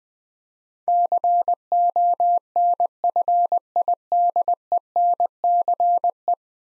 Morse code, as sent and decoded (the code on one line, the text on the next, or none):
-.-. --- -. ..-. .. -.. . -. -.-. .
CONFIDENCE